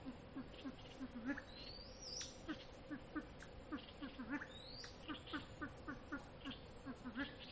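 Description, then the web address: Silver pheasant giving soft, low clucks in a steady patter, with two thin rising whistles in the background. "lophura-nycthemera-sound"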